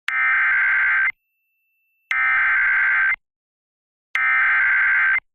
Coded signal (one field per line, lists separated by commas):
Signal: Emergency Alert System (SAME) tones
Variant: header bursts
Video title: Severe Thunderstorm Warning (ND) (8/7/25) [EAS #243]